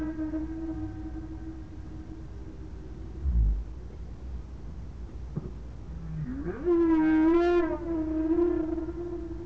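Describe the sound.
Whale sounds, a long low steady tone followed by a rising, wavering harmonic moan, with a few low thumps and constant background rumble.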